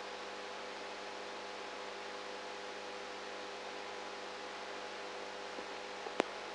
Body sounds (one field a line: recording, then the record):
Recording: brain microelectrode recording played as sound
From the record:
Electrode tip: outside the subthalamic nucleus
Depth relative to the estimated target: -6 mm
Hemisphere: right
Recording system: NeuroSet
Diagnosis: Parkinson's disease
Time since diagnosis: 19 years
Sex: female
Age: 58 years